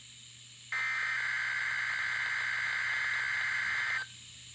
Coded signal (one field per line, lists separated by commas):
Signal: Emergency Alert System (SAME) tones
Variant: header bursts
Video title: Required Weekly Test [EAS #1321] (9/11/2019)